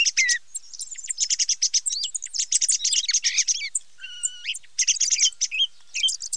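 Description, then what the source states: Thrush singing quick chattering phrases of high chirps and trills, with a brief held pure whistle midway, then more rapid notes. Filtered recording.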